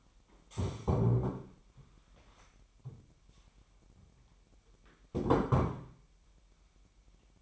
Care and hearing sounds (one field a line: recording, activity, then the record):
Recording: daily activity, microphone in the room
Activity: stand up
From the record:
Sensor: 1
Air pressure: 998.6 hPa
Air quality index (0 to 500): 123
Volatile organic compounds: 3 ppm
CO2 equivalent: 1470 ppm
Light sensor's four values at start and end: 8/20/8/10 and 8/20/8/10